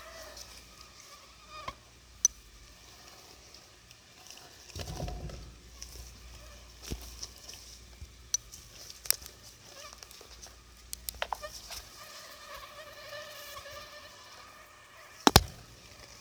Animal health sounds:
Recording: mosquito flight sound by mobile phone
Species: Anopheles gambiae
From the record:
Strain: Akron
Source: CDC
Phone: Sony Xperia

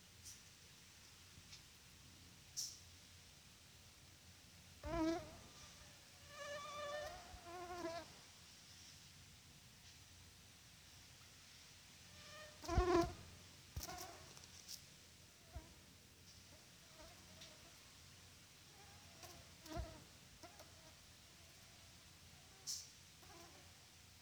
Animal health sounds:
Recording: mosquito flight sound by mobile phone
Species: Culex quinquefasciatus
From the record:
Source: SanMateoVCD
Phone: Sony Xperia

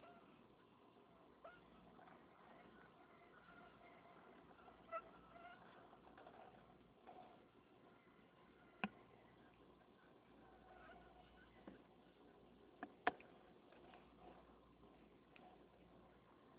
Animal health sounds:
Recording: mosquito flight sound by mobile phone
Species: Anopheles freeborni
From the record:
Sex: male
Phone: Nokia 6555B

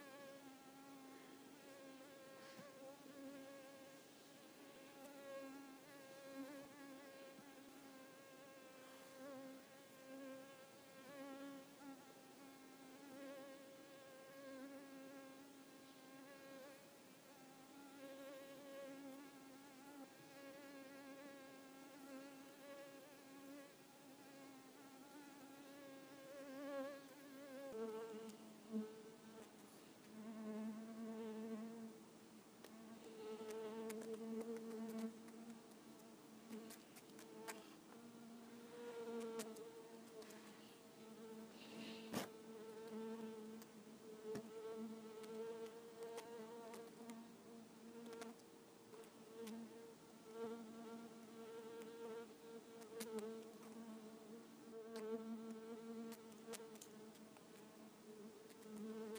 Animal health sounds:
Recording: mosquito flight sound by mobile phone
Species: Culiseta incidens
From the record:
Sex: female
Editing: snipped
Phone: iPhone 4S

